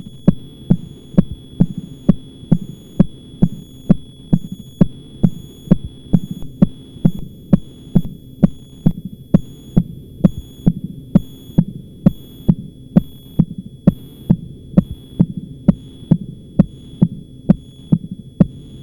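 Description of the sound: Sharp, regular mechanical clicks of a Starr-Edwards caged-ball prosthetic heart valve, about 66 per minute, over low-pitched heart sounds in an adult heart heard by stethoscope.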